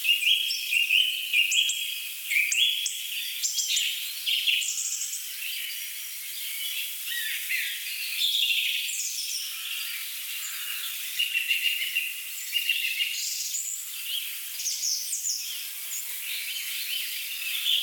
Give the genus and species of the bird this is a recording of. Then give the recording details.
Dryocopus martius. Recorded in the wild. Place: Jägerhof / Breisach am Kaiserstuhl, Baden-Württemberg, DE. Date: 1985-03-10. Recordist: Schwarz, Dieter. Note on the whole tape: Call and drumming